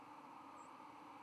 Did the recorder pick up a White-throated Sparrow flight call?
no